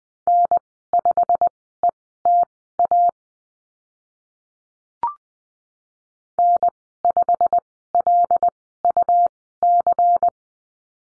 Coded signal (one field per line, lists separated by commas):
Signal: Morse code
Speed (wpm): 20 wpm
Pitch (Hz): 700 Hz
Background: none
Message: N5ETA N5LUC